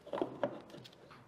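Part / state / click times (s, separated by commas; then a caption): fuel hose quick-connect fitting onto an outboard fuel filter/water separator / not seated / none. A fuel hose quick-connect fitting is pushed and threaded onto a new plastic fuel filter/water separator on a Mercury Pro XS 250 4-stroke outboard, making a few short plastic knocks and fainter ticks. The fitting is threaded on but has not clicked into place yet, with its red piece not yet over the edge.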